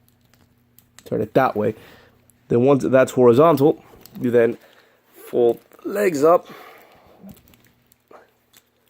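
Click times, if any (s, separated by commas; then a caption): none. Someone talks while handling a plastic Transformers Dark of the Moon Voyager Skyhammer helicopter robot toy, pushing its leg section up toward the horizontal position where the joint locks so another part has clearance to move. Soft plastic taps and handling noises come between the speech, with a sharper tap near the end. Nothing has seated or clicked yet.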